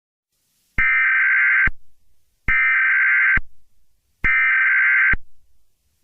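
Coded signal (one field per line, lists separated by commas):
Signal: Emergency Alert System (SAME) tones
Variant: header bursts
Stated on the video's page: Fictional EAS scenario using valid EAS tones.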